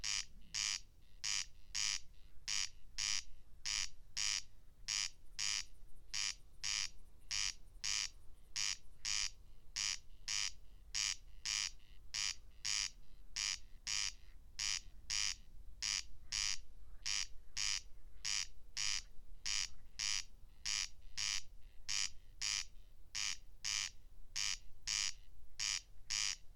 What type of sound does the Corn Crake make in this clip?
song